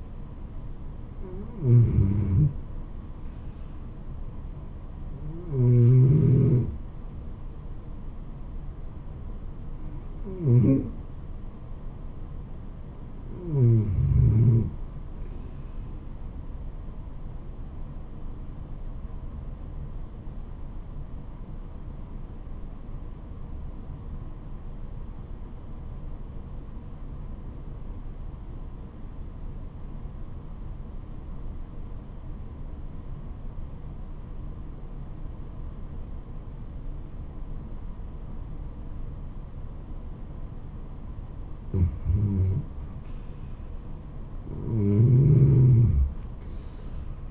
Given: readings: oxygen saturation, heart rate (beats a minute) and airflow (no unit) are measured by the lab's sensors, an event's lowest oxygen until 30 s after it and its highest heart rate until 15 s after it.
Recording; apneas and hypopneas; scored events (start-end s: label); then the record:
breathing in sleep by a smartphone at the bedside; 1
15.00-47.31 s: new sleep stage, REM sleep
21.00-43.30 s: obstructive apnea (REM, oxygen 95% highest, then 87% lowest, heart rate 72 at the start, 78 highest)
From the record:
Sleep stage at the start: N1 (lightest sleep); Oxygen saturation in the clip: 91 to 95%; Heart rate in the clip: 62 to 78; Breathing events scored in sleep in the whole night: 426 in 7.4 hours asleep